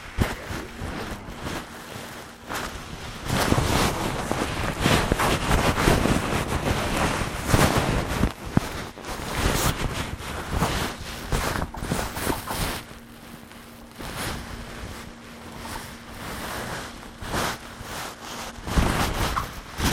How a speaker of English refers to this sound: little bit hard, but this is only the water.